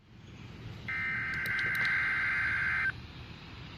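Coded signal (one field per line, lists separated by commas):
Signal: Emergency Alert System (SAME) tones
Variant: header bursts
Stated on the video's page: Required weekly tests from two NOAA Weather Radio stations, one with station ID; second received with a weak, hard-to-lock signal.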